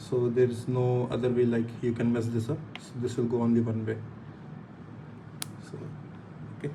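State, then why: Seated. Someone talks while plugging a microphone cable connector, which fits only one way, into its mating socket in a car. After a sharp tick at 5.4 s, a short click is heard at 6.6 s, and the connector is seated.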